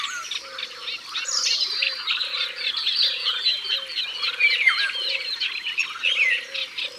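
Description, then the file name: Common wood pigeon call: deep coo phrases repeated at a steady pace beneath a dense chorus of many smaller singing birds. Recorded by the water. "Pigeon ramier Au bord de leau"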